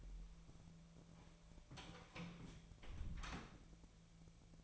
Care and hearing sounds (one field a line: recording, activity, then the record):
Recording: daily activity, microphone in the room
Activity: close door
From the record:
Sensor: 1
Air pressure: 1000.5 hPa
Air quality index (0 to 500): 186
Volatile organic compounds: 5 ppm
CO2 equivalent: 1712 ppm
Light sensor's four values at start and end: 12/28/12/13 and 11/27/11/13